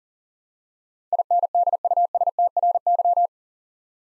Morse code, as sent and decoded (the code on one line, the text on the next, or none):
.. -. -.. ..- ... - .-. -.--
INDUSTRY